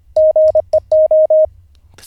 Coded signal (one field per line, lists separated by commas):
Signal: Morse code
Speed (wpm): 25 wpm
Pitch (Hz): 620 Hz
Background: none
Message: GEO